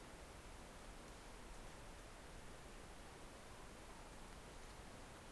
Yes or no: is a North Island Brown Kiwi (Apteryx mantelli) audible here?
no